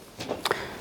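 A Teflon-coated shoe is fitted onto the soleplate of a Laurastar LIFT steam station's steam iron, nose first, with the back then pushed down. A soft knock at 0.2 s is followed by two sharp clicks close together at 0.5 s, and the shoe is seated in place.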